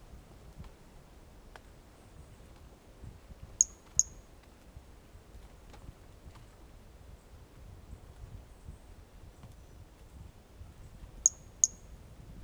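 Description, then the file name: Pumpkin toadlet calling: two pairs of brief, high-pitched clicky notes, each pair a fraction of a second apart, separated by about seven seconds of soft hiss and faint ticks. Individual 05 recorded 18 January 2018; first note of the call missing; animal not collected. "Brachycephalus mirissimus 18 jan 2018 individual 05 ex 01 fist note missing L F Ribeiro not collected"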